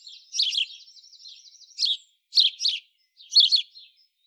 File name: Passer domesticus